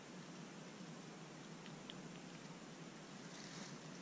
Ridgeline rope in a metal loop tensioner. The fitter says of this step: you pull up till it clicks pretty